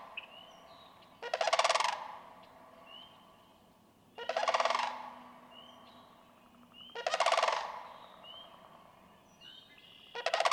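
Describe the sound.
Sandhill crane uttering resonant, pulsing rattles about every three seconds, while small birds chirp faintly and briefly in the quiet stretches.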